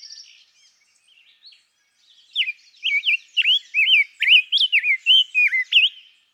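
Rose-breasted grosbeak singing a sweet, warbled string of rising and falling whistled notes after a quiet start with faint high bird calls.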